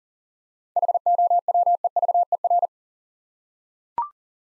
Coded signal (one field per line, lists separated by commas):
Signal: Morse code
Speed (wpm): 42 wpm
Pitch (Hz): 700 Hz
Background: none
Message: HOWEVER